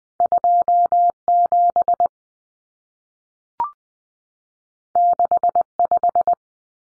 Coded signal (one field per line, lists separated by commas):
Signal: Morse code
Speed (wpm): 20 wpm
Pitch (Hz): 700 Hz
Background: none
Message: 27 65